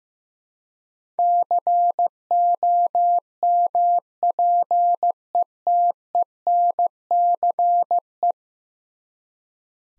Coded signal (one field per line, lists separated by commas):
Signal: Morse code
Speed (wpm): 16 wpm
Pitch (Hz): 700 Hz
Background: none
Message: COMPETENCE